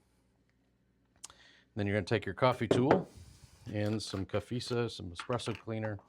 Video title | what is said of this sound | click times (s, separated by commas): CLEANING YOUR ESPRESSO MACHINE - How to Clean a Fracino Cherub Machine #espresso #coffee #howto | And the blank basket will u snap right in there. Just like that. | 1.2 s, 1.3 s